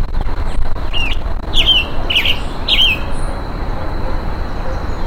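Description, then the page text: Roadside hawk uttering four shrill, slurred squeals over about two seconds, with a steady insect drone behind. Calls given while being mobbed, in humid tropical forest. "Calls of a Roadside Hawk as it is being mobbed in humid tropical forest."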